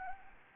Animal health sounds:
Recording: mosquito wingbeat signal from an infrared sensor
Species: Anopheles gambiae

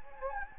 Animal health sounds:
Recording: mosquito wingbeat signal from an infrared sensor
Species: Anopheles gambiae

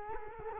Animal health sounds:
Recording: mosquito wingbeat signal from an infrared sensor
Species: Culex quinquefasciatus

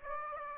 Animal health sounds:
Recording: mosquito wingbeat signal from an infrared sensor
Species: Aedes aegypti

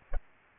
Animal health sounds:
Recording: mosquito wingbeat signal from an infrared sensor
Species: Aedes aegypti

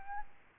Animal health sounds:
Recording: mosquito wingbeat signal from an infrared sensor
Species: Aedes albopictus

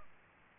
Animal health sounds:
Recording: mosquito wingbeat signal from an infrared sensor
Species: Aedes aegypti

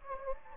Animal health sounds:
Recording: mosquito wingbeat signal from an infrared sensor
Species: Anopheles gambiae

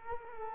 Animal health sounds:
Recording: mosquito wingbeat signal from an infrared sensor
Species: Culex quinquefasciatus

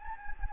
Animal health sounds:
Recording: mosquito wingbeat signal from an infrared sensor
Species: Anopheles gambiae

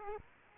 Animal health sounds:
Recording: mosquito wingbeat signal from an infrared sensor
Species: Aedes aegypti

